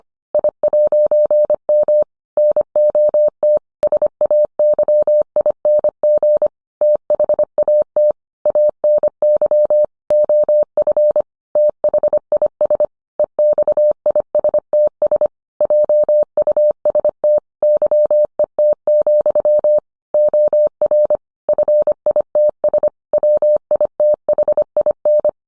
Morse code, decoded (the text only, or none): I'M NOT SAYING THAT ANY OF THIS EXISTS JUST YET, OR FITS WITHIN